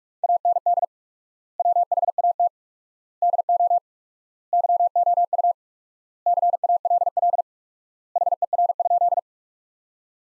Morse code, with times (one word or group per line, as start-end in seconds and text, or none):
0.2-0.8 AND
1.6-2.5 WHAT
3.2-3.8 DO
4.5-5.5 YOU
6.3-7.4 CALL
8.2-9.2 HER?